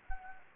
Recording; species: mosquito wingbeat signal from an infrared sensor; Anopheles gambiae